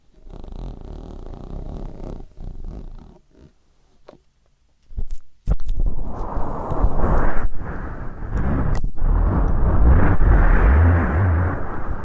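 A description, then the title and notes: Ear cleaning sounds with a dense, rough scraping and rubbing that starts steady, breaks off for a quiet stretch with a few sharp clicks around four to five seconds, then returns louder and fuller with a thin high hiss and low rumbling thumps. ASMR 3D Deep Ear Canal & Eardrum Cleaning (No Talking).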